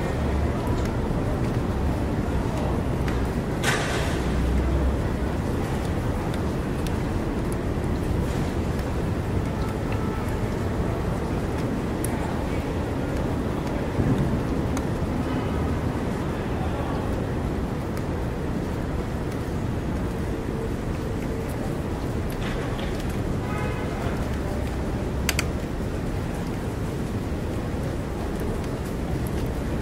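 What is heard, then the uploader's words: New York City rain through an open window: a steady, dense wash of low rumble and patter, with brief sharp clicks around 4 and 25 seconds. Sounds in New York City City Rain Open WIndow. Essa vista foi gravada de 27 andares em Manhattan.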